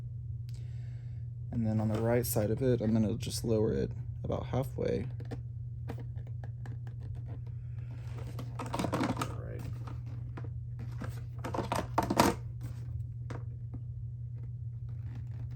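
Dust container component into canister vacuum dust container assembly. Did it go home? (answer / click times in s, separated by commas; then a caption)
no / none. A component of the dust container assembly on a Miele Blizzard CX1 canister vacuum is lowered about halfway on its right side while someone talks over a steady low hum. Short plastic taps and clatters come around 9.0–9.2 s and 11.7–12.2 s. Nothing has snapped into place yet.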